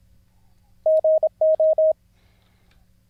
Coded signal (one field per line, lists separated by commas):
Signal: Morse code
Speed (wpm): 26 wpm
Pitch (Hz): 630 Hz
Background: none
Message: GO